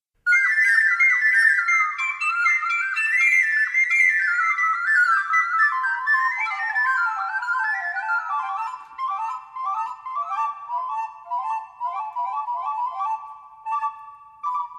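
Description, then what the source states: Mosquito wing tones: a steady, buzzy harmonic hum that wavers and slowly slides down in pitch, with two tones weaving around each other near the end. Courtship sound of mosquitoes.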